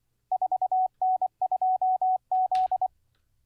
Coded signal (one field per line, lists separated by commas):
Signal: Morse code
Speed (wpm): 24 wpm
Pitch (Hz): 750 Hz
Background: none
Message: 4N2Z